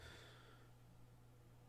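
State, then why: Not seated. The old home button of an Apple iPad 8th generation (2020) is lined up and pressed into the receiver bracket on the new screen, but it does not click in because a leftover gasket or spacer from the old screen is in the way. Only a soft breathy hiss that fades within the first 0.6 seconds and a steady low hum are heard, with no sharp click, and nothing has seated or clicked yet.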